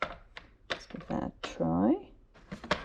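A plastic side frame piece is handled against the side of a Tiny Love 3 in 1 Rocker Napper newborn seat unit, with brief handling knocks near 0.0, 0.4 and 0.7 seconds while someone talks. Nothing has seated or clicked yet; the tab has not popped down by the end of the clip.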